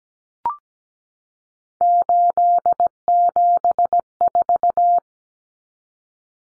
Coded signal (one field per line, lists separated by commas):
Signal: Morse code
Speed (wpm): 17 wpm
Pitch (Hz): 700 Hz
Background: none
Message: 874